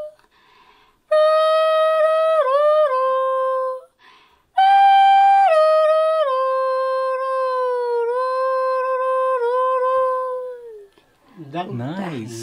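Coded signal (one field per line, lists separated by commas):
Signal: whistled language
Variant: Kongthong jingrwai iawbei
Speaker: नेम इज ओके ओके अँड व्हॉट्स युअर विसल नेम येस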